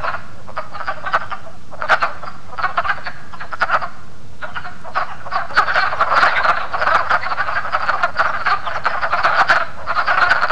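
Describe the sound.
Wood frogs calling: a dense chorus of short, hoarse, duck-like clucking croaks, overlapping and coming in bursts.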